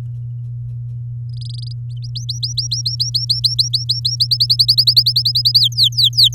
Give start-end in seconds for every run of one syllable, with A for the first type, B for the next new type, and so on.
1.29-1.73 A, 1.89-4.16 B, 4.20-5.59 C, 5.60-6.34 D